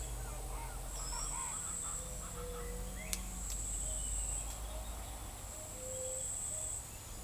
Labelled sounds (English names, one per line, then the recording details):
Chestnut-winged Chachalaca
Ochre-lored Flatbill
White-tipped Dove
Crested Bobwhite
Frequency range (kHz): Chestnut-winged Chachalaca 0.4-1.9 kHz; Ochre-lored Flatbill 4.8-6.0 kHz; White-tipped Dove 0.3-0.7 kHz; Crested Bobwhite 1.8-3.3 kHz
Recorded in forest near Pivijay, Magdalena, Colombia, on 2 June 2023 at 08:00
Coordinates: 10.467, -74.380
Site Z5-G034